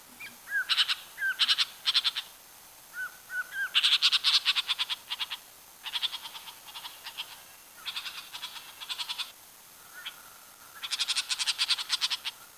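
Bird calls: bursts of harsh, rapid rattling notes repeated in short series, with a few soft whistled notes early on, over steady background hiss.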